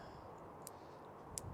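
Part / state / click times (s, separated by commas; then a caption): screwdriver bit into locking bit holder adapter / seated / 1.4 s. A screwdriver bit is pushed into a Dewalt MAX FIT locking bit adapter, with a faint tick at about 0.7 s before a sharp, positive click at 1.4 s. The bit is seated and locked in the adapter.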